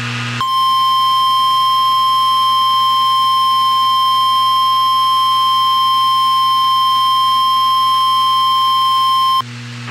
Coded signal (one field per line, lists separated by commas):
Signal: Emergency Alert System (SAME) tones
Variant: 1050 Hz attention tone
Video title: Required weekly test on WXK 91 Topeka Kansas